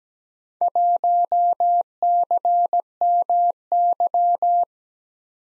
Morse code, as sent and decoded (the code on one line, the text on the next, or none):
.---- -.-. -- -.--
1CMY